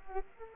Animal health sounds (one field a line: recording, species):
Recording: mosquito wingbeat signal from an infrared sensor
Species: Culex quinquefasciatus